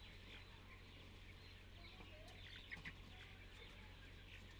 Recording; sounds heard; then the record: poultry house recording; healthy chickens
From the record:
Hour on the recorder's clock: 10